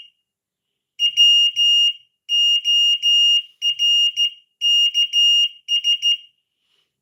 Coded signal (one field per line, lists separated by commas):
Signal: Morse code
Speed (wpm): 15 wpm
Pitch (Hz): 2850 Hz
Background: none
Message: WORKS